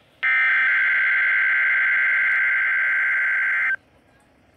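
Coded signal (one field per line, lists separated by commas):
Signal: Emergency Alert System (SAME) tones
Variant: header bursts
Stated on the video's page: Required weekly test, from the EAS or NOAA Weather Radio system.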